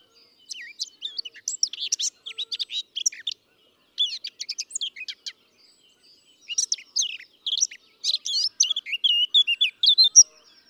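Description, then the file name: Eurasian blackcap giving rapid scratchy warbled phrases in three bursts separated by silent gaps. "Sylvia atricapilla"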